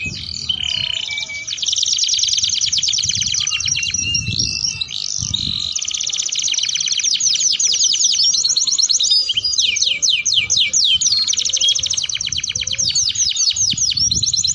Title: Canto Para Esquentar Canário Belga. Suara Pancingan Kenari Gacor || Bagus Untuk Masteran Kenari Paud